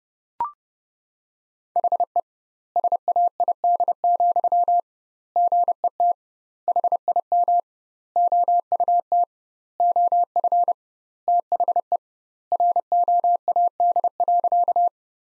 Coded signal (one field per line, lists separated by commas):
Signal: Morse code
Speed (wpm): 31 wpm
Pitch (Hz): 700 Hz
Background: none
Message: HE SAID, GET HIM OUT OF THE ROAD.